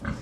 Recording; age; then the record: pig call; growing-finishing pig (85 days or more)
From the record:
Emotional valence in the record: positive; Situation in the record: run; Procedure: transit